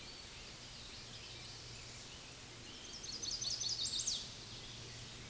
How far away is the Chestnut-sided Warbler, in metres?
about 60 m